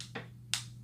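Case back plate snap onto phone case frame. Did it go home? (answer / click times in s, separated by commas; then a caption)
yes / 0.5 s. A plastic snap on the back plate of an I-HONVA case for a Galaxy Note 10 is pressed home into the case frame, working around the case to fasten every snap, which is what gives the case its rigidity and protection. A softer tick at about 0.2 s is followed by a loud, sharp, bright click at 0.5 s over a steady low hum. The snap clicks in and seats fully.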